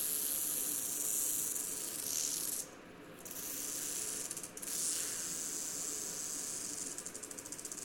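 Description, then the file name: Rock rattlesnake rattling, a steady dry hissing buzz that drops away briefly around three seconds and dips again around four and a half seconds, then carries on. "Crotaluslepidus JRice"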